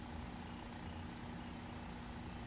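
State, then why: Not seated. A crimped wire terminal pin is handled at the back of a motorcycle ECU wiring plug, with only a steady low hum throughout and no distinct clicks. Nothing has seated or clicked into the plug housing yet.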